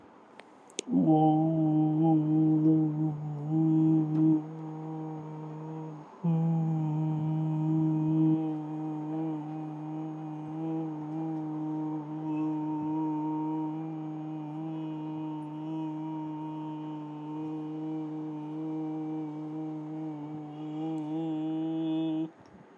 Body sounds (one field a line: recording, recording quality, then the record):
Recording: sustained vowel as in boot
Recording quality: excellent, no background noise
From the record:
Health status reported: healthy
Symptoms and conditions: hypertension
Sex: male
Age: 52 years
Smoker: not ticked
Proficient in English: yes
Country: India